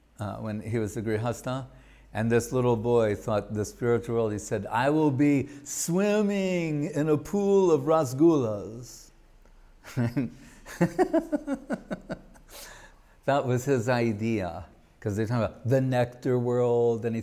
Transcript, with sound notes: when he was a grihastha, and this little boy thought the spiritual world, and he said, “I will be swimming in a pool of rasagulas.” [laughing] That was his idea, because they talked about the nectar world etc.